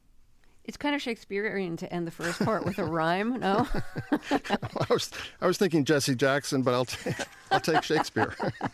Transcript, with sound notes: It's kind of Shakespearean to end the first part with a rhyme, no?
(LAUGHTER)
I was thinking Jesse Jackson, but I'll take Shakespeare.